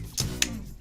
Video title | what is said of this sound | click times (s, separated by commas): Whoop Strap Review 3.0 (2021) | and you can kind of hear it clicking | 0.4 s